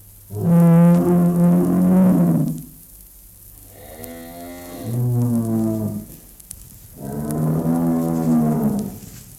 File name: Stier Sound Cloud Beeld en Geluid